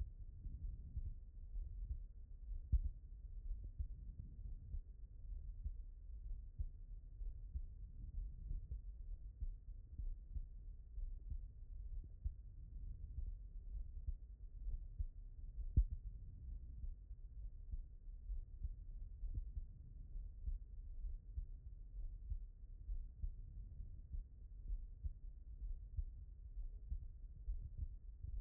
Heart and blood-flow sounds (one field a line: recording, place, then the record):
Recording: heart sounds by stethoscope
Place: pulmonary valve (PV)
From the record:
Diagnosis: non-HFrEF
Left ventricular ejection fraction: 65%